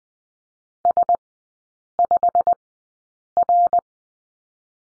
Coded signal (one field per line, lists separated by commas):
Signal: Morse code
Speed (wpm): 20 wpm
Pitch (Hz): 700 Hz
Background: none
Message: S5R